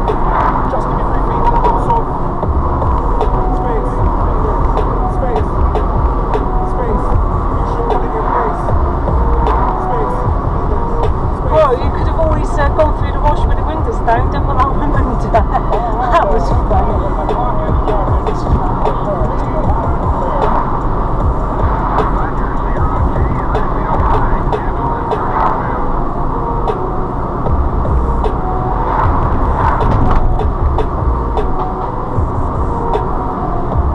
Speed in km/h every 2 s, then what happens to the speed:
44, 44, 42, 44, 42, 42, 42, 42, 44, 44, 44, 44, 44, 44, 44, 44, 44.
0-34 steady at about 44.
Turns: none.